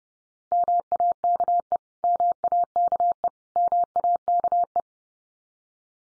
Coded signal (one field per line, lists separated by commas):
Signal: Morse code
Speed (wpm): 30 wpm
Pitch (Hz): 700 Hz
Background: none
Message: MAKE MAKE MAKE